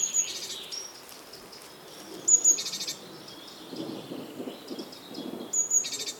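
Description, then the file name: Great tit calls, each a thin high note and harsh rasping burst, given three times, with soft low throbbing sounds in the background. "Parus major"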